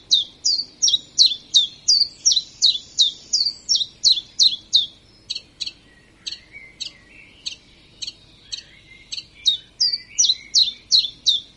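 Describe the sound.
Common chiffchaff repeating high, sharp notes in a brisk series, fading to softer, sparser notes midway before the strong rhythmic series resumes.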